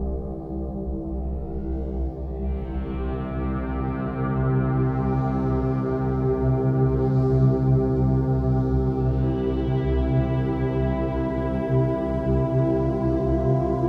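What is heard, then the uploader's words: Binaural beats: a dense, steady stack of sustained low tones humming without a break, with a slow pulsing throb. Around two seconds a brighter shimmering layer rises above it, and from about nine seconds the sound grows slightly fuller and louder. Binaural Beats for headache relief.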